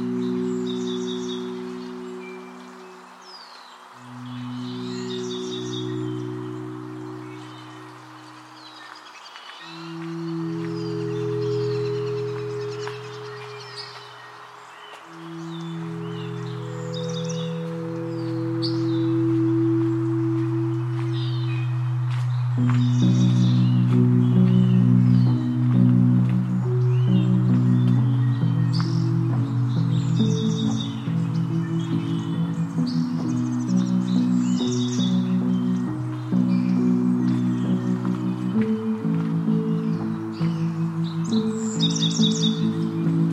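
Birds chirp and call in scattered bursts throughout at Oaks Bottom along the Willamette River. Underneath, long low humming tones hold and shift between pitches, then from about 22 seconds a denser, pulsing layer of low tones takes over and grows louder.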